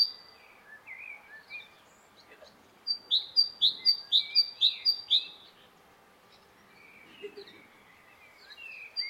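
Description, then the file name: Great tit song: a rhythmic series of bright two-note phrases repeated about four times a second for two seconds, with scattered softer chirps before and after. "Parus major"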